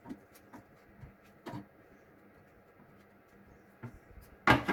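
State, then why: Not seated. A plastic lid is fitted onto a food processor bowl and handled, giving soft scattered bumps and scrapes with a louder knock near the end at about 4.5 seconds. The lid has to click in place before the machine will run, but nothing has seated or clicked yet when the sound ends.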